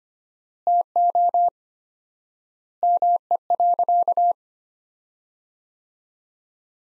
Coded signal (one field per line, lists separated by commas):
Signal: Morse code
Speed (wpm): 25 wpm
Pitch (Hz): 700 Hz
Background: none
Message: TO ME.